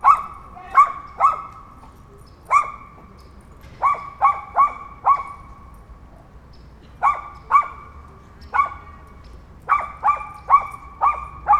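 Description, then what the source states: Small dog giving shrill, clipped yaps, singly and in irregular clusters of up to five, with short gaps between. Tiny dog barking in a park.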